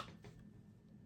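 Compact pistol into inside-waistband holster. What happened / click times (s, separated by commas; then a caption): The part is being handled and has not seated yet / none. An unloaded CZ P10 M compact pistol is handled at the mouth of a polymer (Kydex-style) Vedder LightTuck inside-waistband holster. Only quiet handling rustle and faint soft ticks are heard over a low steady hum, with no sharp transient. The pistol has not yet gone home, and the retention has not clicked.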